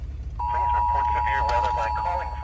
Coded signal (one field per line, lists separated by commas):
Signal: Emergency Alert System (SAME) tones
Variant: 853 and 960 Hz attention tone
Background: speech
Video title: EAS 988-989: PBZ SVR